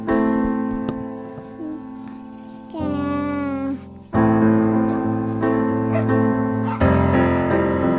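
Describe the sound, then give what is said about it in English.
A puppy whimpers and yips in long, high, whiny cries that waver and bend in pitch, with one warbling rise midway. The cries are steady and fairly loud, with no talking. “Look, puppy.”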